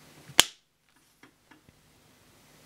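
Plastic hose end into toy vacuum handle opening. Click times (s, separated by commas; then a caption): 0.4 s. The plastic end of the hose is pushed into the small opening at the top of the handle of a Casdon toy Dyson DC22 cylinder vacuum cleaner. One loud, sharp click at 0.4 s shows it has seated. A few faint, small knocks follow at about 1.2, 1.5 and 1.7 s.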